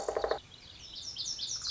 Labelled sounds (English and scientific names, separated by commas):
Lazuli Bunting (Passerina amoena)